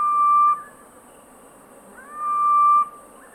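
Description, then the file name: Grey-headed bushshrike: the tail of one long steady whistle, then a second rising into a held mournful note about one and a half seconds later, faint hiss behind. Call recorded at Skeerpoort on 2 January 2022 at 17:03. "Malaconotus blanchoti, roep te Skeerpoort, 2022-01-02 17 h 03"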